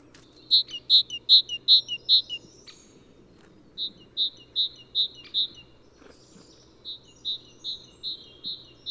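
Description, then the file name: Great tit song: ringing two-note phrases repeated rapidly in three runs, the first loudest, the later runs softer, with brief gaps between. "Parus major"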